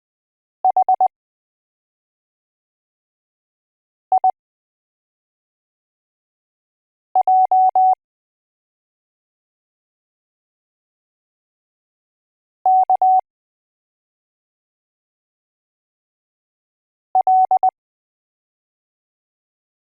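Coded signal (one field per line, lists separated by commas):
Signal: Morse code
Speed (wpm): 20 wpm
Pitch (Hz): 750 Hz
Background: none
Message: H I J K L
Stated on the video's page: Morse code alphabet lesson from A to Z.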